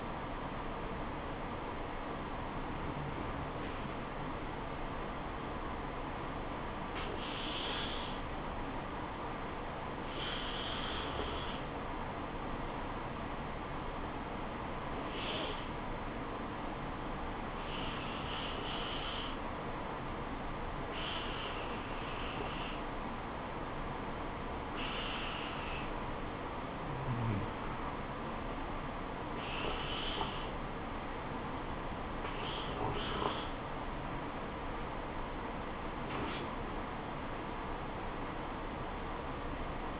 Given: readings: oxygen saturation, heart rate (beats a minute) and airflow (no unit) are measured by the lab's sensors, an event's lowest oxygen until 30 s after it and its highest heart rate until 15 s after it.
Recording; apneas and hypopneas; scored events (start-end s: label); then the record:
breathing in sleep by a voice recorder at the bedside; none
none scored
From the record:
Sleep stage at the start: N1 (lightest sleep); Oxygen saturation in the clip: 95 to 96%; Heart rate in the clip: 73 to 77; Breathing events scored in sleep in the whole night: 426 in 7.4 hours asleep